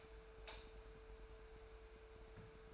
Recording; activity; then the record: daily activity, microphone in the room; light off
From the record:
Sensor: 2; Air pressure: 1014.6 hPa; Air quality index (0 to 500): 183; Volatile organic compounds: 13 ppm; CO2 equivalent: 2426 ppm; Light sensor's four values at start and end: 33/84/36/39 and 30/73/32/35